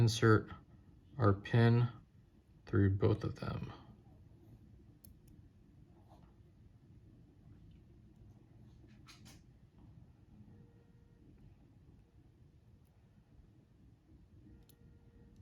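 During a Team Associated B74.2 RC car build (bag 4), a small metal pin is being pushed through the plastic/metal coupler and the outdrive of the front gearbox. Someone talks for the first four seconds, followed by quiet handling with a few faint ticks near 5.1, 5.3 and 14.7 seconds. Nothing has seated or clicked into place yet.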